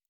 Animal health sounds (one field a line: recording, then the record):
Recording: hydrophone in a shrimp aquaculture tank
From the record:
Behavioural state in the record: normal